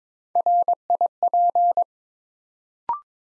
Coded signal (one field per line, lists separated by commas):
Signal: Morse code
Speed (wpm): 22 wpm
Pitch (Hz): 700 Hz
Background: none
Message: RIP